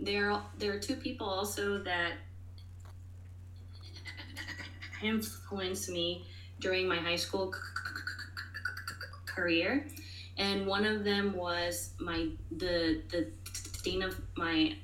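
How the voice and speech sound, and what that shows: Adult woman who stutters, speaking with repeated, stretched 'the' sounds, a long block within a word, a drawn-out word and a repeated 'the': stuttering.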